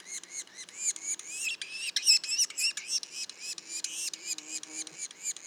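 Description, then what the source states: Yellow-bellied sapsucker juveniles: high, upslurred mewing notes repeated rapidly and unevenly, with a faint low buzz near the end. Juveniles, Mont-Orford National Park, Quebec, Canada; mono recording.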